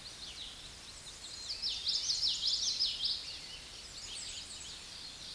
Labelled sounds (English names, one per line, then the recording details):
Common Yellowthroat song
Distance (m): 15 m
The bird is about 5 m above the microphone
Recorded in a Pennsylvania forest on 16 May 2024 at 08:17
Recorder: AudioMoth, point MSD-1418
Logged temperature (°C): 16.4 °C
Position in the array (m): 225 m, 186 m